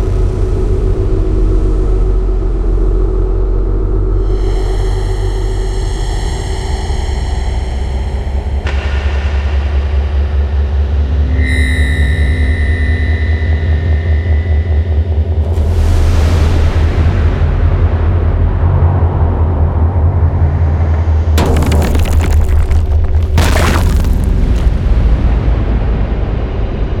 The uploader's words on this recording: Evolving soundscapes, multi-layered atmospheres, abstract tonal pads, deep drones, dynamic impacts, disturbing transitions, Acid synth textures and unusual Trailer sound effects.